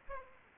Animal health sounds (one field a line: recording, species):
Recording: mosquito wingbeat signal from an infrared sensor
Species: Aedes aegypti